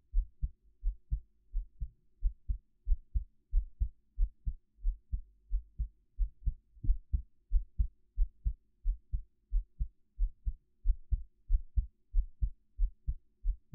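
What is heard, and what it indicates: Soft, deep, regular lub-dub thumps repeat steadily at roughly 90 a minute, with no talking and only a faint low hum behind them. This is a normal adult heartbeat heard close up through a 3Dio binaural microphone.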